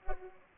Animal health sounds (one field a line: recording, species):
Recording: mosquito wingbeat signal from an infrared sensor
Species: Culex pipiens